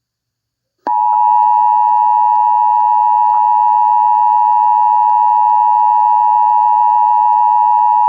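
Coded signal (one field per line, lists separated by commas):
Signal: Emergency Alert System (SAME) tones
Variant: 853 and 960 Hz attention tone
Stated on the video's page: Mock EAS scenario about COVID-19.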